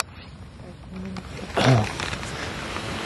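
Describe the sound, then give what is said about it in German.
Hyenas call out with a brief low moan followed by a louder, rising whoop-like cry, set against a steady wash of background noise. “Vögel und Hyänen natürlich auch, noch die Menschen zu hören.”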